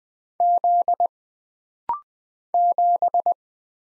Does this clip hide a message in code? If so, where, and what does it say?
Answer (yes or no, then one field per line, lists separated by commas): yes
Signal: Morse code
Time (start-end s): 0.4-3.3 s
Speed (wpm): 21 wpm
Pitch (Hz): 700 Hz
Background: none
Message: Z 7